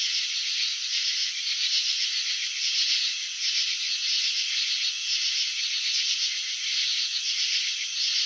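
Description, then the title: Crickets producing a continuous buzzy, pulsing rasp that swells slightly in short bursts, unbroken for the whole stretch. Crickets chirping, filmed with slow-motion technology showing wing vibrations and antenna movements. "Crickets in Slow Motion. Capturing the Elegance of Chirping"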